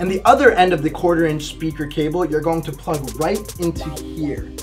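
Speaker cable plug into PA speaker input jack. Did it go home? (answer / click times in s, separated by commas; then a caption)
no / none. Someone talks over background music while handling the other end of a quarter-inch speaker cable, bringing its plug to the locking input jack on a Rockville PA package speaker (RPG2X10, RPG2X12, RPG2x15). The plug has not yet gone home, and nothing has seated or clicked yet.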